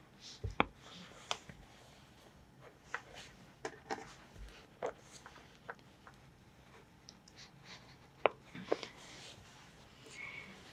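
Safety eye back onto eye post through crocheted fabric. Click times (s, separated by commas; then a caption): 0.6 s, 8.3 s. Plastic washer backs are pushed onto the posts of two plastic safety eyes through a crocheted yarn penguin body. Each back clicks into place with a sharp snap, at 0.6 s and 8.3 s, among quieter handling and rubbing sounds. Both eyes are seated.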